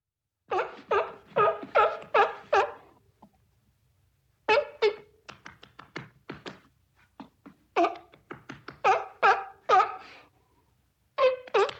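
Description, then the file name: Seal barking in bursts of rapid, harsh, throaty barks, with short pauses between the series. "Tjulen"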